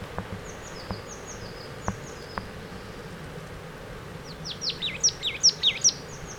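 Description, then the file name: Marsh tit giving a quick run of high, bending call notes near the end, preceded by faint thin high notes and a few soft clicks. "Poecile palustris"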